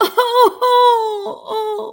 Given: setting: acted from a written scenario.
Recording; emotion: vocal sound without words; sadness